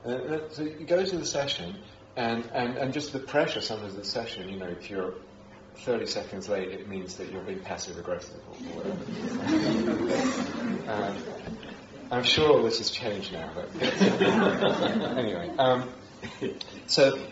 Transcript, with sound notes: And so I go to the session, and just the pressure, sometimes, of the session, you know -- if you're thirty seconds late, it means that you're being passive-aggressive. [laughter] I'm sure all this has changed now, but. [laughter] Anyway. So